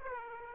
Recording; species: mosquito wingbeat signal from an infrared sensor; Aedes aegypti